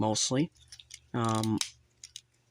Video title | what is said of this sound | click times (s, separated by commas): Transformers Fall of Cybertron Deluxe Class Vortex | Just lock that leg part into place. | 2.0 s, 2.2 s